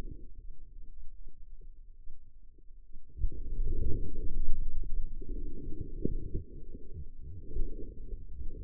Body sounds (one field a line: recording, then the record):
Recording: forearm muscle sounds (acoustic myography)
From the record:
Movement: outward rotation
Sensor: system 2, bracelet of six BSWA MPA416 microphones around the upper forearm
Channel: 5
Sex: female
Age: 25 years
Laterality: right